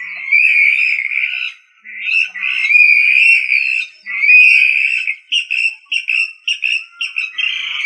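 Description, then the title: Rail calls: loud, squealing whistles held around one pitch with wavering rises, running almost continuously with short breaks, ending in shorter notes. "LuckyFamilia RallidaeFrangoSama"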